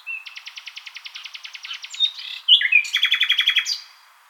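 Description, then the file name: Common nightingale song: a long even series of quick clicking notes, then a sudden loud burst of rapid rattling trills. "Luscinia megarhynchos"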